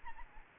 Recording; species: mosquito wingbeat signal from an infrared sensor; Aedes aegypti